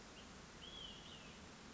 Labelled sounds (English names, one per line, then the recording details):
Olive-sided Flycatcher
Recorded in Sonoma County, California